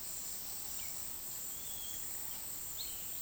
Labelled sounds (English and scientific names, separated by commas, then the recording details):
Piratic Flycatcher (Legatus leucophaius)
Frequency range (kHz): Piratic Flycatcher (Legatus leucophaius) 2.7-4.1 kHz
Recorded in pastures near Puerto Asís, Putumayo, Colombia, on 21 February 2024 at 10:00
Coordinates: 0.468, -76.328
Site G6414